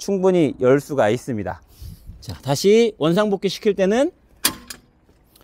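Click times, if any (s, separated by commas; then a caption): 4.4 s. A hitch-mounted bike carrier, tilted down for trunk access, is lifted back to its upright position on the hitch mount while someone talks. Its latch locks with a sharp click at 4.4 s, followed by a fainter knock at 4.7 s, and the carrier is fixed in place.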